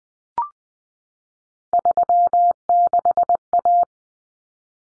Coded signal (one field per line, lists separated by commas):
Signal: Morse code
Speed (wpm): 20 wpm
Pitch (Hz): 700 Hz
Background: none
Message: 36A